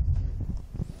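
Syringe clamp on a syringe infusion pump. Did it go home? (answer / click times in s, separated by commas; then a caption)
no / none. A syringe clamp on a syringe infusion pump is handled as a syringe sits in the pump's holder, with the door opened and the lock released before the clamp is locked over the syringe. Low rumbling handling noise runs throughout, with brief soft knocks near 0.4, 0.6 and 0.8 seconds. Nothing has seated or clicked yet.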